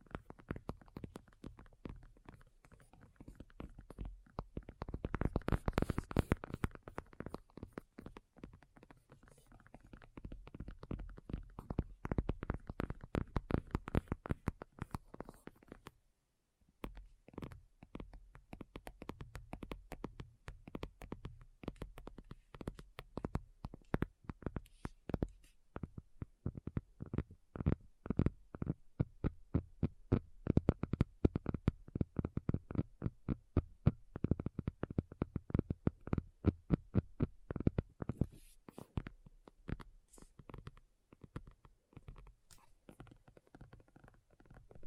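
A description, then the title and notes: ASMR tapping: quick, dense fingertip taps in irregular bursts, each a sharp click with a soft low thud beneath. The taps run nearly continuously, stop for about a second near sixteen seconds, then resume in clustered flurries, with a few louder, brighter strikes around forty seconds. ASMR Addictive Tapping. (No Talking).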